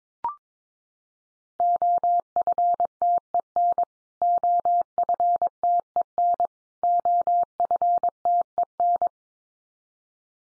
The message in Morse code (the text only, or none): OFTEN OFTEN OFTEN